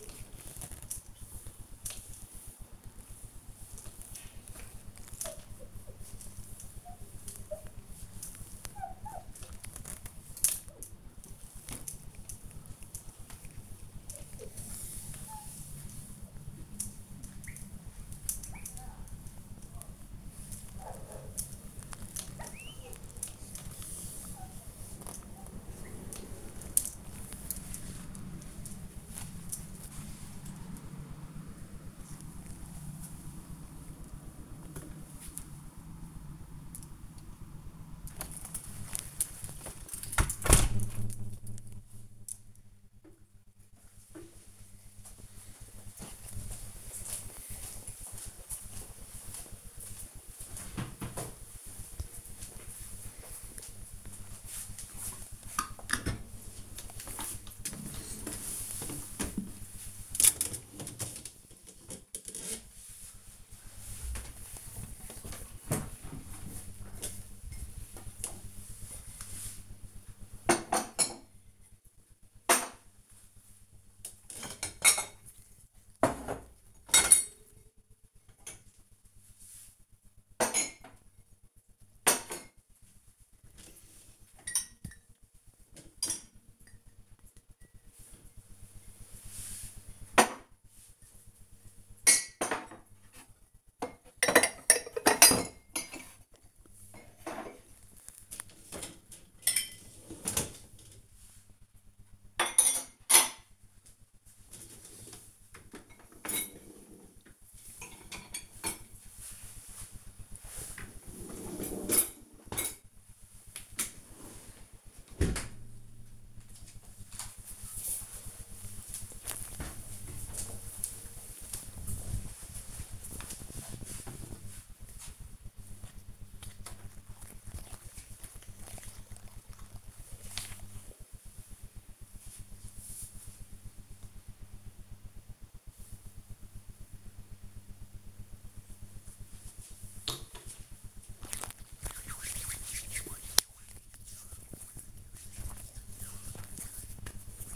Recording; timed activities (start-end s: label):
household activities, microphone on the right wrist
0.00-41.22 s: window cleaning
54.31-114.72 s: cleaning out the dishwasher
125.78-147.55 s: cream hands